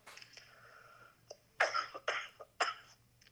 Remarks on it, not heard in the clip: Lost my voice. I apologize for all the coughing and it was the bad voice.